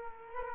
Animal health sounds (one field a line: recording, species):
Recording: mosquito wingbeat signal from an infrared sensor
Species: Culex quinquefasciatus